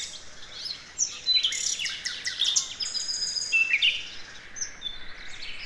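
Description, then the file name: Common nightingale song: scratchy trills and slurred whistles in busy, varied phrases. "Luscinia megarhynchos"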